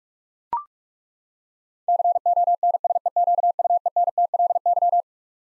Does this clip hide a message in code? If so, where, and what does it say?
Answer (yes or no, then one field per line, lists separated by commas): yes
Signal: Morse code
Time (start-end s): 1.9-5.0 s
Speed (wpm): 41 wpm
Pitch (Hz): 700 Hz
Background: none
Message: CONSEQUENTLY